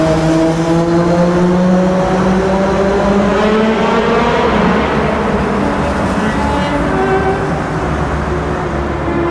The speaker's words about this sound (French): Écoutez cette moto qui passe.